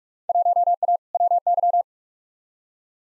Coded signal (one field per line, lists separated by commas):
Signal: Morse code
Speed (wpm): 42 wpm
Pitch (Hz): 700 Hz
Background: none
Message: 1A WY